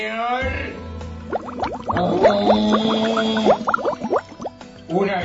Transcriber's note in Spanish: sonido de burbujas de agua